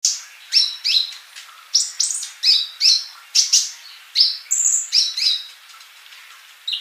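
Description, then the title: Bird song of rapid chirps and short whistled notes, mostly high-pitched, some rising and some falling, delivered in quick bursts with brief pauses between them. "Kicau Burung"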